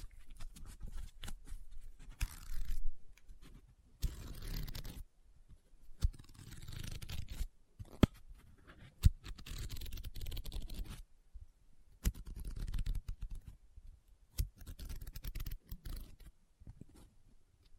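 Paper being folded, rubbed and crinkled, in short bursts of rustling separated by brief silences. Sharp crackles and snaps stand out around 2, 8, 9, 12 and 14 seconds, while softer scratching and rubbing fill the stretches between them.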